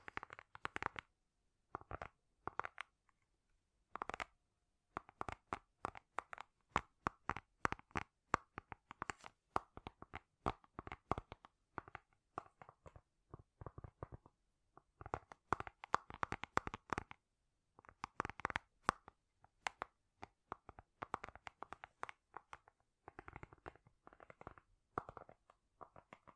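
Quick, sharp tapping sounds come in irregular bursts and clusters, with brief silent pauses between runs, continuing throughout the whole stretch.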